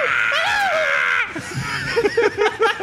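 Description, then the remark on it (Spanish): A voice imitates the shrill, strained scream of the character Ramón Salazar from the video game Resident Evil 4 when a knife is thrown into him, holding a high wavering pitch for about a second before breaking off into a few short, choppy bursts of laughter. “Cuando le lanza el cuchillo y se lo clava, que empieza...”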